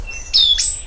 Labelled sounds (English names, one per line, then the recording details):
Stitchbird song
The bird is a male
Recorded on Tiritiri Matangi Island, New Zealand, in 2005
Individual 12, of nest box 16